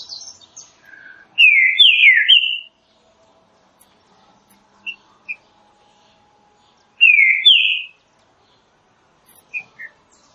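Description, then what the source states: Green-winged saltator song: two loud whistled phrases of slurred notes several seconds apart, with a few soft short notes and faint background chirps. Classic song style used for training.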